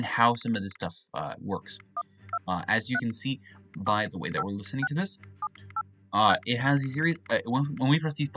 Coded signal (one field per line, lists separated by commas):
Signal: DTMF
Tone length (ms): 70 ms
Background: speech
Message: 123 5678